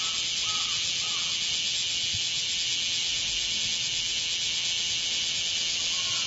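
Cicada song, a steady, dense high hiss held without a break for the whole stretch, with a few faint lower tones in the background.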